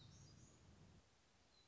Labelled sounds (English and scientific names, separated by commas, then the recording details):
Black-throated Gray Warbler (Setophaga nigrescens)
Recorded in Sonoma County, California